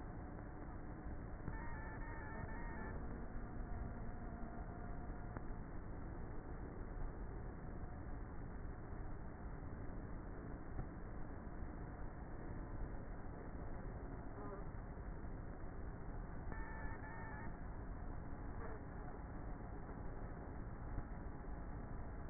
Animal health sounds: honeybee colony, microphone inside the hive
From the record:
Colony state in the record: queenless with a low population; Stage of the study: before two queens were removed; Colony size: about 30,000 bees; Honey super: no

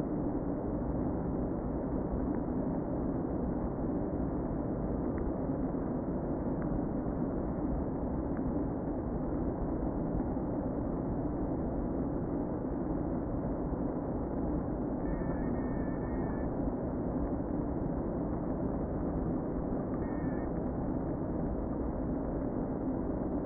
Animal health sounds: honeybee colony, microphone inside the hive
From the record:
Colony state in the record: queen present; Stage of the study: before two queens were removed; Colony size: about 60,000 bees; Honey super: yes

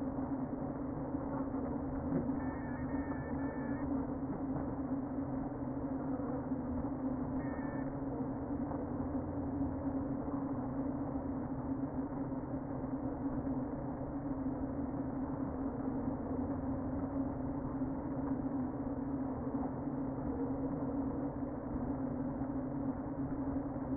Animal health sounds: honeybee colony, microphone inside the hive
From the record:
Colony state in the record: queen present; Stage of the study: before two queens were removed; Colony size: about 60,000 bees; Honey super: yes

